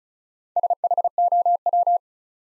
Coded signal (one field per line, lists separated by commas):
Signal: Morse code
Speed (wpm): 36 wpm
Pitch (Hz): 700 Hz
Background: none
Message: SHOW